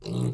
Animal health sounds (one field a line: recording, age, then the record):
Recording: pig call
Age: weaner (32 to 43 days)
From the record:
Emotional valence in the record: negative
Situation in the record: short isolation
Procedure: open field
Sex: female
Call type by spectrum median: low-frequency call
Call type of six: low-frequency stable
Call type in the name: low-frequency stable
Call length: 0.34 s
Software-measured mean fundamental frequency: 59 Hz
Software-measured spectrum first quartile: 137 Hz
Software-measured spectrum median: 233 Hz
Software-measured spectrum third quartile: 687 Hz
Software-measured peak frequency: 167 Hz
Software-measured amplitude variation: 147 dB a second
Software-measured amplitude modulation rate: 32.0 a second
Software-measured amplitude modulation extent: 4.6 dB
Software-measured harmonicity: 9.6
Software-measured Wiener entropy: -1.02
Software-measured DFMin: 822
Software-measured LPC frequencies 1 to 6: 253, 2731, 4058, 4788, 5680, 6615 Hz